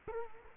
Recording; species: mosquito wingbeat signal from an infrared sensor; Culex quinquefasciatus